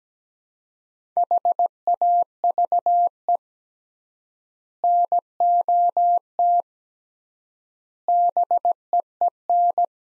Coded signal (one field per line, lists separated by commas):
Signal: Morse code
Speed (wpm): 17 wpm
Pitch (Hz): 700 Hz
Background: none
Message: HAVE NOT BEEN